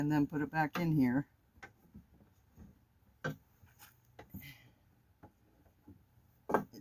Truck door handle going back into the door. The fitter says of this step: It just won't click for me to come back and tighten.